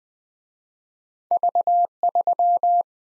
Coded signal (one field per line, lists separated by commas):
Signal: Morse code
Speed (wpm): 23 wpm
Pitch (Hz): 700 Hz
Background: none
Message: V3